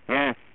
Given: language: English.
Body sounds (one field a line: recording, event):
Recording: throat vibration sensor signal played as sound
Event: speech